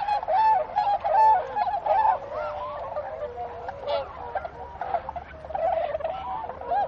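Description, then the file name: Tundra swans honking in a flock, many overlapping nasal, bugling calls in irregular bursts, some louder notes standing out above the steady chorus. "kohaku"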